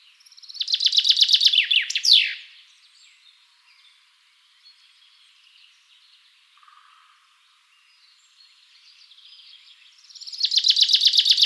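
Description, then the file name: Common chaffinch singing twice: a bright, falling trill of repeated chips ending in a quick flourish, a quiet pause with faint twitters, then the next song starting. "Fringilla coelebs"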